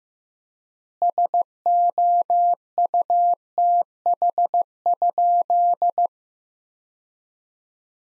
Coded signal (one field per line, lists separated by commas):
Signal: Morse code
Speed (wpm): 15 wpm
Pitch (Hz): 700 Hz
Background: none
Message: SOUTH?